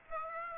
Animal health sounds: mosquito wingbeat signal from an infrared sensor; Aedes aegypti

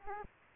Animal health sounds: mosquito wingbeat signal from an infrared sensor; Aedes aegypti

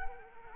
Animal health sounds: mosquito wingbeat signal from an infrared sensor; Culex quinquefasciatus

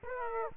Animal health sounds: mosquito wingbeat signal from an infrared sensor; Aedes aegypti

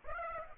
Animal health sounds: mosquito wingbeat signal from an infrared sensor; Aedes aegypti

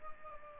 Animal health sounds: mosquito wingbeat signal from an infrared sensor; Aedes albopictus

